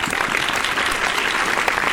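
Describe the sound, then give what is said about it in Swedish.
A steady, dense applause sound effect played on Magnatradio, a continuous wash of many hands clapping at an even loudness for about two seconds with no voices. “Vi kör en applåd på det då.”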